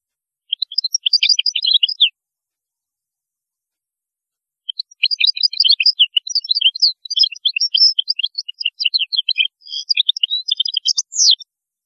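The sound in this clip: European goldfinch song: a short burst of tinkling, twittering notes, a pause, then a long rapid liquid twitter with buzzy trills, all high-pitched on a silent background.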